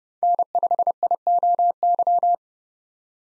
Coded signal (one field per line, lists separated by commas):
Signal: Morse code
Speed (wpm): 30 wpm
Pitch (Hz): 700 Hz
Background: none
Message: N5IOY